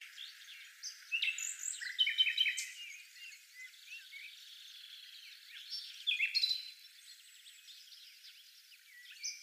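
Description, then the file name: Common nightingale song: short varied phrases of quick repeated high notes and chirps, loudest around two seconds and again near six seconds. "Luscinia megarhynchos"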